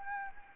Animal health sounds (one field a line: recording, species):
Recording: mosquito wingbeat signal from an infrared sensor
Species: Anopheles gambiae